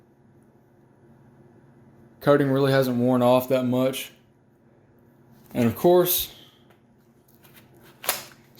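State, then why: Seated. Someone talks, then a KORE Battle Belt B1 in coyote is tightened through its metal ratchet buckle, and the buckle engages the notches on the belt's track. Two solid, sharp clicks sound at 8.0 and 8.1 s as the buckle seats in the notches.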